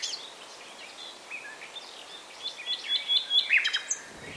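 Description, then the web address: Common nightingale singing, fairly soft, with thin whistles and a short run of quick chirps near the end over a hissing background. "SETE data Luscinia megarhynchos"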